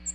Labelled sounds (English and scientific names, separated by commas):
American Redstart (Setophaga ruticilla) flight call